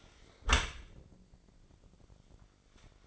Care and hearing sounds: daily activity, microphone in the room; close dishwasher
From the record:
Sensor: 5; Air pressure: 1012.4 hPa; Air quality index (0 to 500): 162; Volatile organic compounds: 2 ppm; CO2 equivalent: 1100 ppm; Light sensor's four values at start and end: 128/307/131/145 and 128/306/130/145

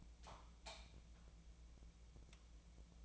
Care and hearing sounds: daily activity, microphone in the room; light off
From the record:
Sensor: 1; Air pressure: 1000.0 hPa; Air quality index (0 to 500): 130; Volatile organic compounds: 2 ppm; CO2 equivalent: 1232 ppm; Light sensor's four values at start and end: 32/84/35/42 and 29/75/31/38

